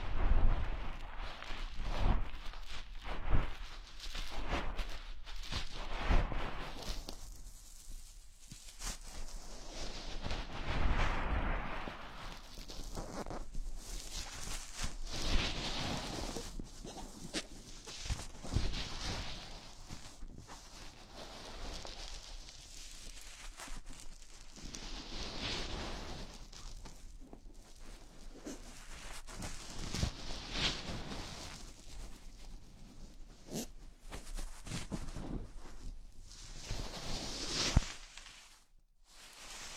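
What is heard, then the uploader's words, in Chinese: Gloves being handled, a succession of different pairs rubbed, pulled and flexed. Rustling and swishing comes in irregular bursts, some smooth sweeps, some crinkly, with occasional sharp snaps and thumps, and brief pauses between movements. 手套 使用6种不同手套为你耳膜按摩。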